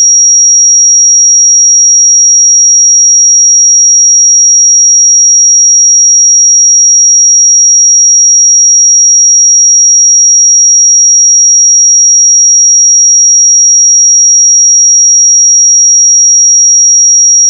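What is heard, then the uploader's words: A pure 5670 Hz sine tone holds perfectly steady and unchanging for the whole clip, thin and bright, with nothing else behind it. 5670 Hz 1 Hz Interval Sine Pure Tone Frequency 441000 Sample Mono.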